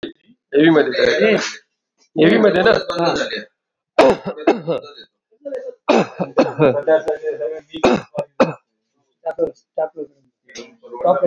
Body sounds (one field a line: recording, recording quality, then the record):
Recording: heavy voluntary cough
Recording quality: moderate, slight background noise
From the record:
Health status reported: COVID-19 positive, no symptoms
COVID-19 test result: positive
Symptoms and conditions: none ticked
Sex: male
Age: 57 years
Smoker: not ticked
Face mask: worn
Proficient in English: yes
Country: India